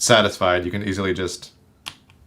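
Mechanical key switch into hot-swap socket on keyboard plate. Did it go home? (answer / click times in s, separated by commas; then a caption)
yes / 1.9 s. After being pulled out to check its pins, a mechanical key switch is pushed back into the hot-swap socket on the keyboard plate and PCB. Someone talks, then a short click sounds at 1.9 s as the switch seats.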